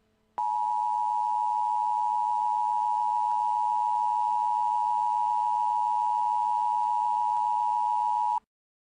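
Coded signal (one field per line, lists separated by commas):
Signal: Emergency Alert System (SAME) tones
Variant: 853 and 960 Hz attention tone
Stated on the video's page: Fictional EAS scenario requiring heavy editing.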